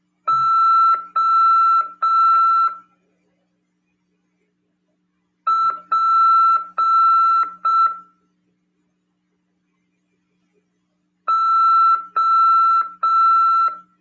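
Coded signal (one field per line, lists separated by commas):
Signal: Morse code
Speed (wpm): 6 wpm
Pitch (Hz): 1340 Hz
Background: none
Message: OPO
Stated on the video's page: Amateur radio CW lesson on FM at 146.410 MHz.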